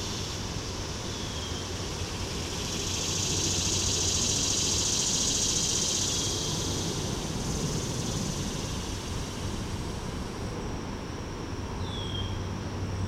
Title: Swamp Cicada aka Morning Cicada (Neotibicen tibicen tibicen)